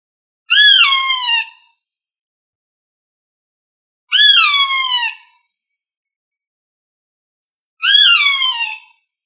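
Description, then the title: Rail calls: three drawn-out, descending squealing notes, each about a second long, given roughly every three and a half seconds against silence. "LuckyFamilia RallidaeFrangoSama"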